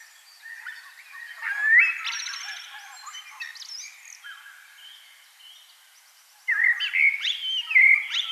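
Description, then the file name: Common blackbird, a low fluted phrase swelling into a squeaky twitter, a pause, then a second louder warbled phrase with whistled notes. "Turdus merula"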